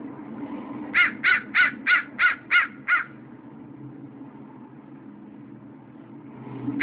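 Bird calls: a quick run of seven harsh, clipped notes over about two seconds, over a low steady hum throughout, with one more harsh note at the end.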